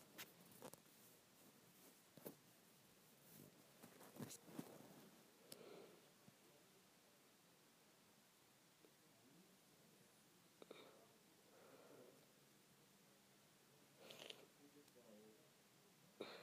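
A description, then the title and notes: Scrunchie sounds: soft fabric rustles and scrunching come in scattered bursts over a steady low hiss, busiest early, with sharper clicks near 14 and 16 seconds. ASMR Satisfying Scrunchie Sounds.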